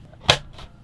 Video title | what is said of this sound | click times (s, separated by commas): If you want to know what Traxxas is doing next... Watch this Channel. | That satisfying click cannot be beat. | 0.3 s